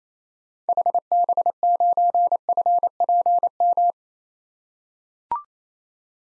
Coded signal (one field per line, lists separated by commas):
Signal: Morse code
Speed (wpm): 28 wpm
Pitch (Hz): 700 Hz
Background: none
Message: HB9FPM